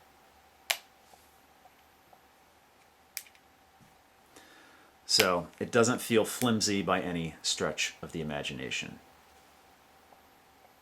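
The kickstand hinge on a JBL SoundBoost 2 Moto Mod, a snap-on phone speaker module, is folded down and then back up, giving a sharp detent click at 0.7 s and another at 3.2 s as it locks into each position. Someone then talks, and the kickstand is clearly seated in position each time.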